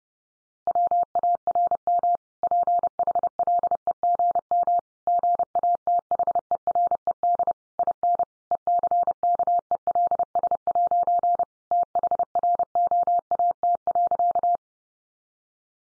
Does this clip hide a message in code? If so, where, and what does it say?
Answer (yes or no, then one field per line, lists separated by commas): yes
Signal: Morse code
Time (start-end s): 0.7-14.6 s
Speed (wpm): 30 wpm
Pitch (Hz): 700 Hz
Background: none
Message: WARM PHLEGM GATHERED IN ECKELS' THROAT.